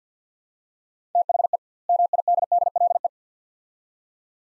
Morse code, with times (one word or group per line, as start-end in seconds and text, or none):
1.1-1.6 THE
1.9-3.1 MIDDLE